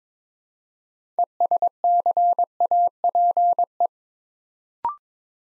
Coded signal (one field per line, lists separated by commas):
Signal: Morse code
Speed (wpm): 22 wpm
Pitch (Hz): 700 Hz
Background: none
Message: ESCAPE